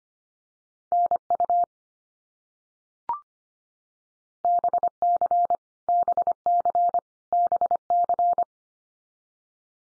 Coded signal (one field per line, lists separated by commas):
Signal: Morse code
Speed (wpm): 25 wpm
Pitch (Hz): 700 Hz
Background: none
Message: NU BC BC BC